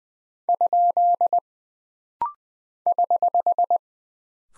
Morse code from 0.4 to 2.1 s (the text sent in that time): ?